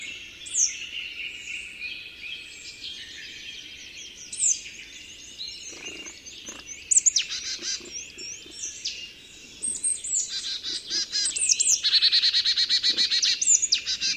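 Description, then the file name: Marsh tit calls: scattered sharp high notes, ending in a fast run of repeated chattering notes, over a dense background of other sounds. "Poecile palustris"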